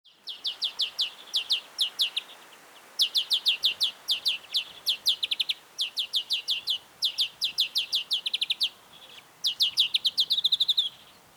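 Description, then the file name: European greenfinch calling in rapid runs of bright, high chirps, each run holding several to a dozen notes, with short pauses between runs. "Chloris chloris"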